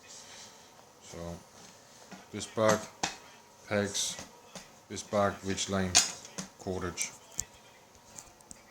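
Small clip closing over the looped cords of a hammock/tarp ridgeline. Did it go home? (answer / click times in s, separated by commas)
yes / 7.4 s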